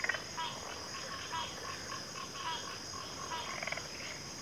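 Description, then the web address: Cricket chorus forming an unbroken high shimmering drone, while scattered frogs give soft pulsed croaks underneath. Chorus of crickets at a backwater. "Natures Songs Sleep Sounds of Nature CRICKETS 03 Backwater Chorus"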